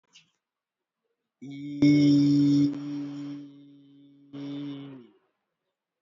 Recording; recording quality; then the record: sustained vowel as in beet; excellent, no background noise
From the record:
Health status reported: healthy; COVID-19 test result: not tested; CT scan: not taken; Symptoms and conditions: none ticked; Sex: male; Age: 39 years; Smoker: no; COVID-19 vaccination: one dose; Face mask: worn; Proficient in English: yes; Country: India